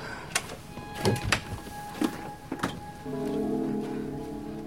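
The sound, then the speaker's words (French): A door is shut with a series of sharp clicks and soft thuds from the handle and latch, followed by a low, steady mechanical hum. “Entre et ferme la porte derrière toi.”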